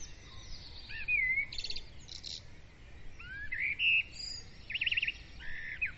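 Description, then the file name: Birds singing: varied whistled phrases, slurred rising and falling notes and quick buzzy trills from several birds, with soft background hiss. Birds singing at dawn. "Madarak hajnali dicsérete"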